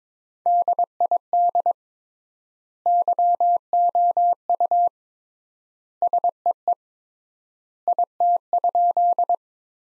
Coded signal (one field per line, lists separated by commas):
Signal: Morse code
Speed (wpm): 22 wpm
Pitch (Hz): 700 Hz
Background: none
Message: DID YOU SEE IT?